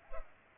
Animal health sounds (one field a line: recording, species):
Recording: mosquito wingbeat signal from an infrared sensor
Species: Culex pipiens